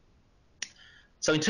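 A disposable plastic mouthpiece is slotted straight into the D-piece of a carbon monoxide breath monitor. A short, sharp snap is heard at 0.6 s, followed by a faint ringing tail, and then someone talks. The mouthpiece is seated.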